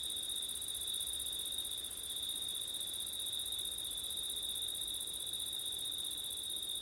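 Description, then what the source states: Crickets trilling continuously, a constant high-pitched ringing tone and an upper shimmering band, with soft low noise beneath. Crickets recorded on a September night with wind.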